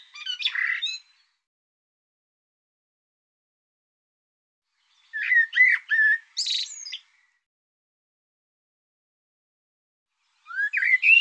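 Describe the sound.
Bird song in three short bursts of chirps and whistles with long silent gaps between them.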